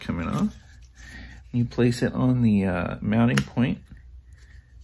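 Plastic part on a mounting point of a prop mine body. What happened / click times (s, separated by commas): Handled, not yet seated: no click from the part / none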